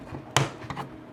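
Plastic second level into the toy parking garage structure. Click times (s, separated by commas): 0.4 s, 0.7 s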